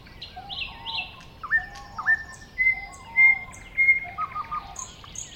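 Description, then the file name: Thrush nightingale song of varied whistles: descending notes, a few clear sustained pure tones and soft low chuckles between phrases. Recorded at a woodland edge next to a lake in 2001. "thrush-nightingale-at-woodland-edge-next-to-the-lake-2001"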